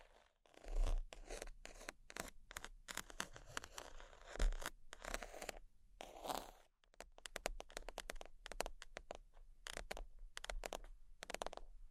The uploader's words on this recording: ASMR Extremely Sleepy Sheets Scratching Tapping（No Talking）.